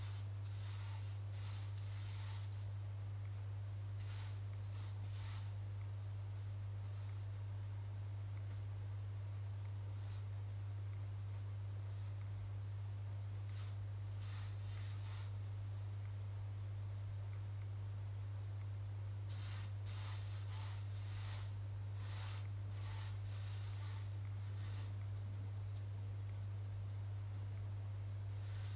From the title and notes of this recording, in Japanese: 雨上がりの夕方、外では夏を急ぐように蝉たちが鳴いています。今日は家の中で、小麦の手選別作業です。収穫した小麦を乾燥、唐箕がけしたあと草の実や麦の茎がまだ混ざっているので手で取り除いています。